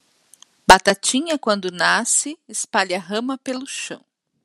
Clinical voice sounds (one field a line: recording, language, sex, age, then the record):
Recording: short text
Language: Brazilian Portuguese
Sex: female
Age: 50 to 59 years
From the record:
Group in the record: control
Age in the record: 53 years